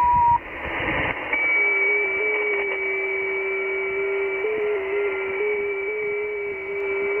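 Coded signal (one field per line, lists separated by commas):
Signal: FT8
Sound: short beep, a hiss burst, then two steady warbling tones over radio hiss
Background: radio static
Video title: KHΦN, Mariana Is., Pacific Ocean, OC-086, 7MHz, FT8, Worked by HL2WA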